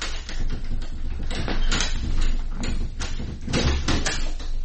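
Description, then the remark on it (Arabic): A door that is locked from the inside being handled, with repeated thumps and rattling clatters in an uneven rhythm over a steady background hiss, lasting throughout with no clear speech. “الباب مقفول من جوه، مش قادره افهم ليه بيقفل الباب عليه دايما.”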